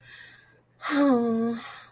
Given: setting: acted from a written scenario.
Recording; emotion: vocal sound without words; disappointment